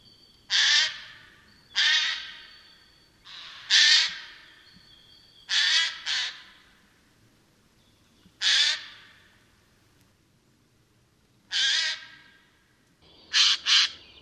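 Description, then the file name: Eurasian jay giving harsh, rasping screeches, single or in quick pairs, spaced unevenly over the recording. "Geai"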